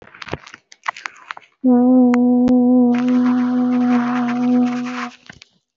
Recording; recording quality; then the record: sustained vowel as in boot; excellent, no background noise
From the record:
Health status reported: healthy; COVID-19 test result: negative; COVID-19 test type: RT-PCR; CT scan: not taken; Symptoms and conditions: none ticked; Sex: female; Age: 24 years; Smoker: no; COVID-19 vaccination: one dose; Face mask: worn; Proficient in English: yes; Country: India